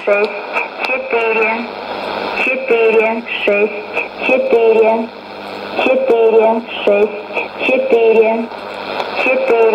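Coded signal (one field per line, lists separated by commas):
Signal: numbers station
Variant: S06s, Russian female voice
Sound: female voice reading short evenly spaced words, likely numbers, over shortwave static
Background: radio static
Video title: 23 10 2019 S06s Russian Lady numbers station in Russian to Eu 0840 on 9952 unknown tx site USB+AM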